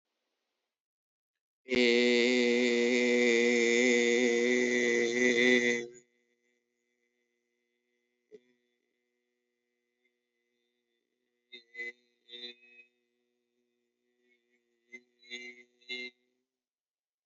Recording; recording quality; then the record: sustained vowel as in made; excellent, no background noise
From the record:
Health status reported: healthy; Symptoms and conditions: none ticked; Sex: male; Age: 22 years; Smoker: not ticked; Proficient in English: yes